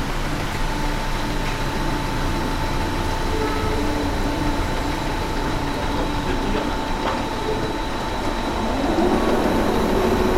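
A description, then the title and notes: A canal lock opening, heard as a steady, dense mechanical rumble with a thin constant whine running over it throughout. Faint clicks and knocks come through now and then, and near the end a new rising tone joins as the sound grows slightly louder. Opening of the lock at Canal de Midi. Sounds produced by the river lock mechanism during its opening.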